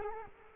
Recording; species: mosquito wingbeat signal from an infrared sensor; Culex quinquefasciatus